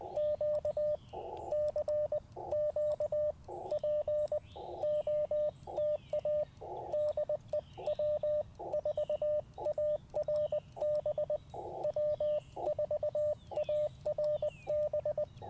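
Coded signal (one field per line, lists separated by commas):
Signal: Morse code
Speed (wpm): 19 wpm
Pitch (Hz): 590 Hz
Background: radio noise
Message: Q CQ POTA DE W4ARB W4ARB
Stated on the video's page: QRP CW Parks on the Air activation from an Icom IC-705 with a magnetic loop antenna and paddles.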